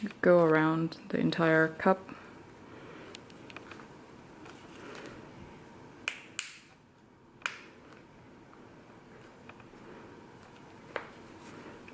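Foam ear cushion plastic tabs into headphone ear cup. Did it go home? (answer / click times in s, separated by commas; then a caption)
yes / 3.2 s, 3.6 s, 6.1 s, 6.4 s, 7.5 s, 11.0 s. Someone talks as the plastic tabs of a V-Moda XL memory foam ear cushion are pressed in around the entire headphone ear cup, each tab pushed under the cup's lip. Sharp snapping clicks sound at 3.2, 3.6, 6.1, 6.4, 7.5 and 11.0 seconds as the tabs snap in and the cushion is seated.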